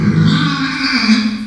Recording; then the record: squeal of a Yucatan mini pig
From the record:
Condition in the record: after surgery on the right vocal fold (resection and tissue-engineered implant); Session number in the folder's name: 14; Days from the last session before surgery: 133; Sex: female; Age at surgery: 19 weeks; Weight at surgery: 25 kg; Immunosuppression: prednisolone